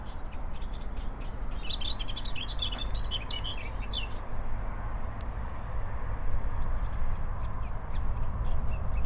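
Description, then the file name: Eurasian blackcap giving a brief high warbled phrase of quick varied notes near the start, over steady loud low rumbling noise throughout. "Sylvia atricapilla"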